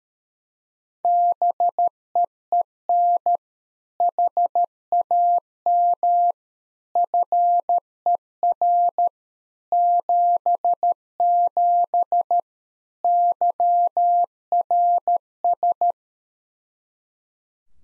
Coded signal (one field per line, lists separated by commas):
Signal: Morse code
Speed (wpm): 13 wpm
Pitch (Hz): 700 Hz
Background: none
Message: BEEN HAM FER 77 YRS